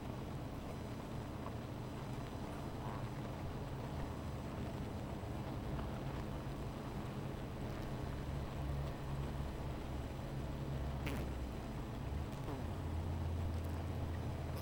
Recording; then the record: honeybee colony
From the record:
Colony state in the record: missing queen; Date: 14 July 2017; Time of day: 15:56